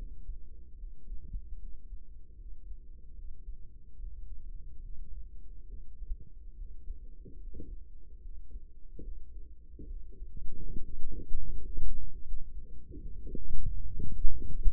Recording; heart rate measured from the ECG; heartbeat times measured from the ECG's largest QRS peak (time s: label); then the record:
heart sounds by microphone in the right ear; 75 bpm
0.77 s: heartbeat
1.58 s: heartbeat
2.36 s: heartbeat
3.14 s: heartbeat
3.96 s: heartbeat
4.80 s: heartbeat
5.66 s: heartbeat
6.55 s: heartbeat
7.38 s: heartbeat
8.20 s: heartbeat
9.01 s: heartbeat
9.86 s: heartbeat
10.68 s: heartbeat
11.48 s: heartbeat
12.23 s: heartbeat
12.98 s: heartbeat
13.72 s: heartbeat
14.44 s: heartbeat
From the record:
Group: healthy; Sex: male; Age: 35 years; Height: 178 cm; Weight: 64 kg